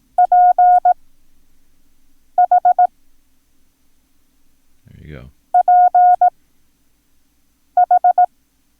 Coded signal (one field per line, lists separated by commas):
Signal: Morse code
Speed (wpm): 18 wpm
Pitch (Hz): 720 Hz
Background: speech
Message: PH PH